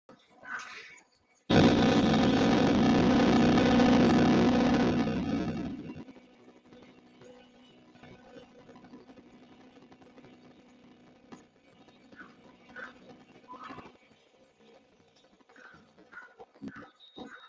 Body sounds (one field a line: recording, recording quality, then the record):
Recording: sustained vowel as in beet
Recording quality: moderate, slight background noise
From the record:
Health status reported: healthy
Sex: male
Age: 27 years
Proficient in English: yes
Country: India